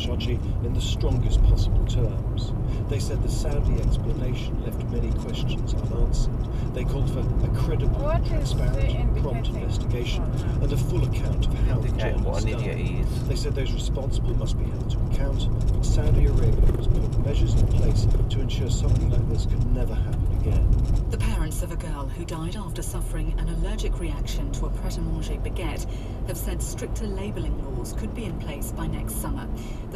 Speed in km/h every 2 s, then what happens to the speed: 37, 40, 44, 47, 48, 48, 48, 47, 45, 42, 39, 35, 35, 40, 40.
0-7 speeds up to 48. 7-15 steady at about 48. 15-22 slows to 35.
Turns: none.